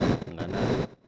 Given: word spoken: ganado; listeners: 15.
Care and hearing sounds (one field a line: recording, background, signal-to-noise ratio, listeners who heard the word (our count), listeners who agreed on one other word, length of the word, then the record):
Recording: one Spanish word in noise, from a listening test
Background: noise modulated by one talker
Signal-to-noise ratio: -8.5 dB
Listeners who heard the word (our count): 1 of 15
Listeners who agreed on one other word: 7 of 15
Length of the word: 0.68 s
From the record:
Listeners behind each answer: 7, 2, 1, 1, 1, 1, 1, 1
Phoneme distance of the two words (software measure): 17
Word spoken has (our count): 3 syllables, 6 phonemes, stress on syllable 2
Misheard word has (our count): 2 syllables, 5 phonemes, stress on syllable 2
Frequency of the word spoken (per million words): 49.14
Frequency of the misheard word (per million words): 72.58